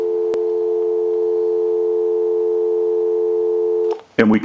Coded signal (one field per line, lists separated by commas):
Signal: telephone call progress tone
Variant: North America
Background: speech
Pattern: dial tone